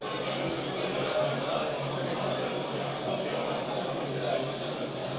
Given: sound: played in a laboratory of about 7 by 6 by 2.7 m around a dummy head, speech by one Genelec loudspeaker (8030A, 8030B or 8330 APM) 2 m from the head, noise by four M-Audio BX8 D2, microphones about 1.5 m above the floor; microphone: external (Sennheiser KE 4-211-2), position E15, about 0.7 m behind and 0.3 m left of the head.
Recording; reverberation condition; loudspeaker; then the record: cafeteria noise; medium; four, about 170 cm from the corners of the room and facing them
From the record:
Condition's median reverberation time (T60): about 510 ms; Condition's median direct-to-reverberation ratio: about -0.5 dB